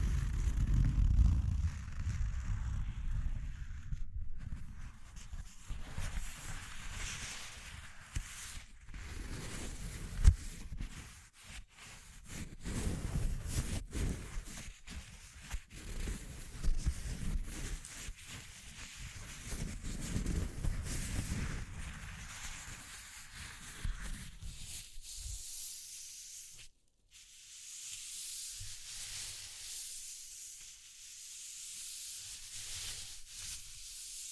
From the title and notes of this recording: ASMR Exploring Textures (No Talking).